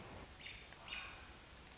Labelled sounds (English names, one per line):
American Robin